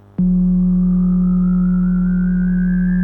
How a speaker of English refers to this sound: Dance number 2, sideband effect, 40 and 185 hertz.